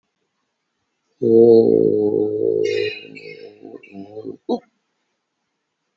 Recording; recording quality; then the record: sustained vowel as in boot; moderate, slight background noise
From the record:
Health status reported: COVID-19 positive, mild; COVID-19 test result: positive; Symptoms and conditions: pneumonia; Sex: male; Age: 60 years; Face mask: worn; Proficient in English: yes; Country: India